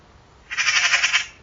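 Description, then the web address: Bird giving a single harsh, buzzy call lasting almost a second, with a rapid pulsing texture, over quiet background hiss. Call class labelled "Pi Pi Pi Pi" in a 2025 bird-only dataset. "Bird Only More Classes Pi Pi Pi Pi"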